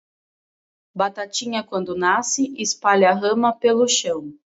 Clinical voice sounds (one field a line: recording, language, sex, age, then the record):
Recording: short text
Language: Brazilian Portuguese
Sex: female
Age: 20 to 29 years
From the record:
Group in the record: control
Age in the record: 29 years